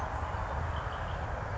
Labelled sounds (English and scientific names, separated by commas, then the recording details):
Grasshopper Sparrow (Ammodramus savannarum)
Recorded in Sonoma County, California